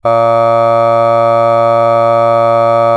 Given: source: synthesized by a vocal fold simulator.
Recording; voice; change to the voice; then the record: sustained vowel; male; aspiration noise (breathiness), level 3 of 10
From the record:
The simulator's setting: 0.37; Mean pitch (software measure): 115 Hz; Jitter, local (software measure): 0.25%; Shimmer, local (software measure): 1.4%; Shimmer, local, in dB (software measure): 0.12 dB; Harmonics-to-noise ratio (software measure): 28.3 dB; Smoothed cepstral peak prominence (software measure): 21.8 dB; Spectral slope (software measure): -17.2 dB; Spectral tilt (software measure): -9.3 dB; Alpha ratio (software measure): -7.6 dB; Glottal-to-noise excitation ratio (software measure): 0.991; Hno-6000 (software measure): 2.4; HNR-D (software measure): 24.6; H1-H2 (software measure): 4.9 dB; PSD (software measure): 2.2e-05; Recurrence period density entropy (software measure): 0.108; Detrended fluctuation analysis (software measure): 0.0545